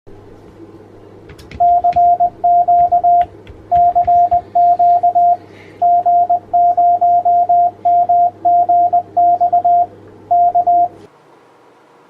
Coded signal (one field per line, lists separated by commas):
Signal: Morse code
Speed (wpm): 20 wpm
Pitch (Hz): 700 Hz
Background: radio noise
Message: CQ CQ G0MGX K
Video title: TS-890 - Digital Mode Config - FT8 WSJT-X